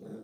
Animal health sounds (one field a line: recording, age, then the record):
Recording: pig call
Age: piglet (1 to 25 days)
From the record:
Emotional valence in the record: negative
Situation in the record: short isolation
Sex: male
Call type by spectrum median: low-frequency call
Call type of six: low-frequency stable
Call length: 0.24 s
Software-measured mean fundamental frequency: 52 Hz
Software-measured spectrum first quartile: 208 Hz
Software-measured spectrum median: 316 Hz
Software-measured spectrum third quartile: 474 Hz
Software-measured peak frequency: 210 Hz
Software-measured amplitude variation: 98 dB a second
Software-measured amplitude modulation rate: 22.9 a second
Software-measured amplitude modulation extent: 4.3 dB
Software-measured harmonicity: 3.1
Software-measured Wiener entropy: 0.13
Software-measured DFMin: 1448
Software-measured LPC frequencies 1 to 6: 436, 1448, 3696, 5155, 5886, 7294 Hz